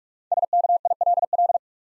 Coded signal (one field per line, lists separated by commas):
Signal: Morse code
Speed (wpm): 44 wpm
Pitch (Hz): 700 Hz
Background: none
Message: SKILL